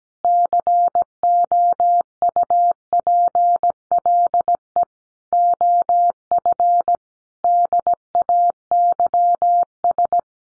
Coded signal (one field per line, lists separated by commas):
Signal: Morse code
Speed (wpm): 17 wpm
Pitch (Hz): 700 Hz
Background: none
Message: COUPLE OF DAYS